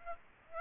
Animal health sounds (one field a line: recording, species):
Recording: mosquito wingbeat signal from an infrared sensor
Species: Aedes aegypti